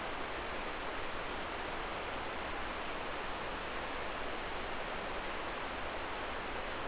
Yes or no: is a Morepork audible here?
no